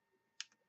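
A plastic lid is pressed down onto the body of a shaker ornament until it snaps shut. A single sharp click sounds at 0.4 s, followed by a fainter click just after 0.5 s. The lid is sealed.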